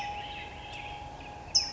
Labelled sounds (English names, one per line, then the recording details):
Black-headed Grosbeak
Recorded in Sonoma County, California